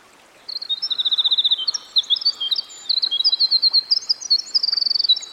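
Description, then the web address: Winter wren song, a long high tumbling cascade of rapid trills and tinkling notes, with a brief pause near two seconds, over a soft background hiss. Recorded by a stream. "Dan Gibson Songbirds By The Stream. Winter Wren"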